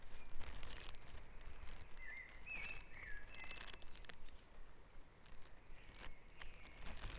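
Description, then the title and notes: Bird song: a brief run of warbled, twisting notes in the middle, with sharp clicks and taps and a low rumbling background. Dawn chorus at Back Dragon Avenue, Harrogate. "Dawn Chorus // Back Dragon Avenue, Harrogate. Sound Map Of Harrogate"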